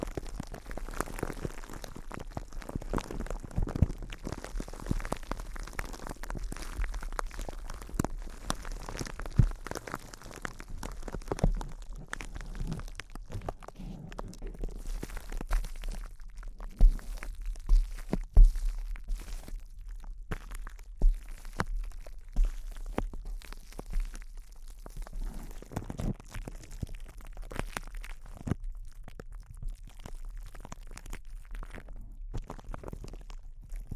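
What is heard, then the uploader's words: Intense close-up crinkles: a dense, nonstop run of crisp crackles and crunches over the full 34 seconds. The snaps come fast and irregular, with sharper louder pops standing out around 17–18 and 21–22 seconds, over a faint low rumble. ASMR Intense Close-Up Crinkles (No Talking).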